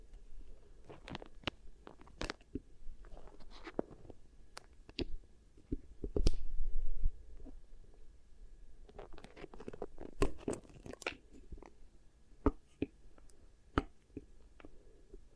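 Beeswax ear triggers: sticky, crackling clicks and squishes in uneven bursts, busiest around 1–3 seconds and again from 9 to 11 seconds. A louder low rubbing thump swells near 6–7 seconds, and scattered sharp pops continue to the end over a soft low rumble.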